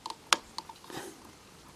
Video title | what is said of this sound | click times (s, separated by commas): GOPRO 7BLACK OU SENA 10 C PRO ?????? | clic, voilà, c'est bon, c'est fait. | 0.3 s